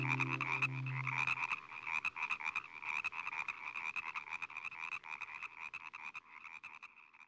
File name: Relaxing Nature Sounds Collection - Evening with Frog Music